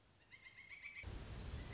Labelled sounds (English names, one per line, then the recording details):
Pileated Woodpecker
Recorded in Sonoma County, California